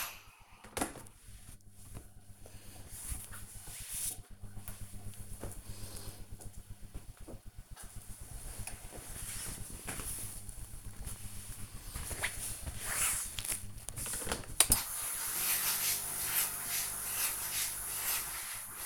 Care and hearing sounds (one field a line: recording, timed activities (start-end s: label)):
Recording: household activities, microphone on the right wrist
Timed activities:
0.00-2.23 s: ironing laundry
13.28-18.86 s: ironing laundry